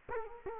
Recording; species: mosquito wingbeat signal from an infrared sensor; Culex quinquefasciatus